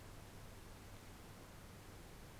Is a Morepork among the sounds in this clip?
no